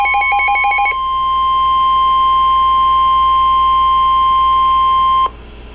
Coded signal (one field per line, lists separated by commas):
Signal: Emergency Alert System (SAME) tones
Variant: 1050 Hz attention tone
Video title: Flash Flood Warning (EAS #36)